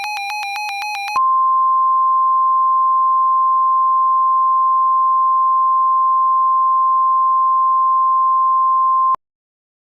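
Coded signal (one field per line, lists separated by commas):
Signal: Emergency Alert System (SAME) tones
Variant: 1050 Hz attention tone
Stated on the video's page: Fictional EAS scenario about a tornado outbreak, made in KineMaster with a narrator voice app.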